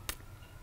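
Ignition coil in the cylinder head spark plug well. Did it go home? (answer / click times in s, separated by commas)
released / 0.1 s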